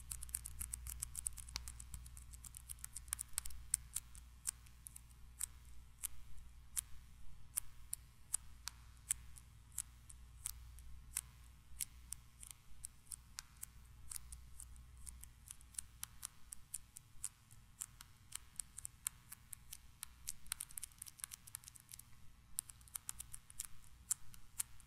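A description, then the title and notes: Tiny mic triggers: a dense run of crisp, snipping clicks and taps, irregular and quick, with a bright, scratchy edge like scissors working. A low rumble sits underneath for the first fifteen seconds, then thins out while the clicking continues. ASMR 1 HR Of Tiny Mic Triggers.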